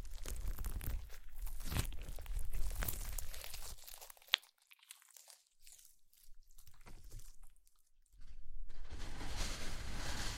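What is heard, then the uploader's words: Slime being squished and handled, with dense crackling, crinkly sounds for the first four seconds and a sharp pop just after. A quieter stretch follows with scattered soft clicks and squelches, then thicker, steady crackling returns from about eight seconds to the end. ASMR Slime - SO Satisfying - ( No Talking).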